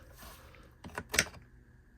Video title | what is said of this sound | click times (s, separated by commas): If I started RAT CATCHING in 2025, I'd do this... | hear the audio click, and they are set and ready to go. | 1.2 s